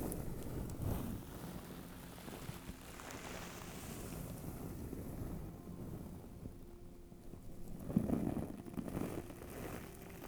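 A beanbag is shifted and shaken, giving a dense, low rustling rumble of loose filling that runs throughout. The sound swells and eases in waves, with bursts near the start and a louder rustle around eight seconds before settling back.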